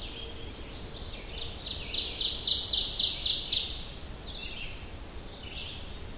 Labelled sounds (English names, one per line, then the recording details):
Ovenbird song
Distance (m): 25 m
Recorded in boreal forest in Alberta, Canada, on 25 June 2016 at 06:36
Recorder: SongMeter 3, array SBT-6-76
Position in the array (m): 34 m, 104 m
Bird 2